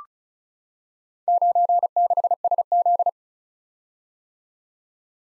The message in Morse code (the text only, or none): 96SZ